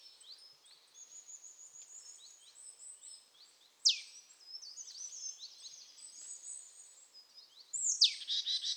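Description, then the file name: Marsh Tit: two sharp falling notes with buzzy follow-ups stand out over a steady wash of thin, high twittering. "Poecile palustris"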